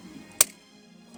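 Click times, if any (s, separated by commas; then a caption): 0.4 s. An electrical connector on reconnected wiring is pushed into its plug on the window motor of a 2007 VW Jetta whose glass window was not working. It snaps into place with one sharp click at 0.4 s over a low steady hum. The connector is seated and cannot come out unless pulled from the plug.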